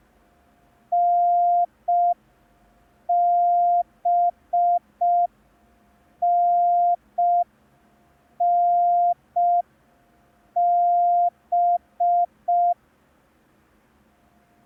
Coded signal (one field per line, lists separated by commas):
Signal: Morse code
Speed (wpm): 5 wpm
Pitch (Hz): 700 Hz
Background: none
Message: NBNNB